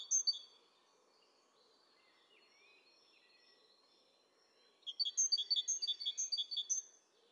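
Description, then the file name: Great tit: brief high notes at the start, a quiet stretch with faint low hum and soft twitters, then a long rapid run of bright alternating chirps. "Parus major"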